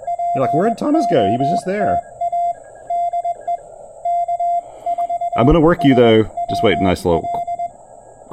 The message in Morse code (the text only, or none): POTA DE K4SWL